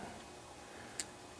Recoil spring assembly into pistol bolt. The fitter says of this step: it snaps into place the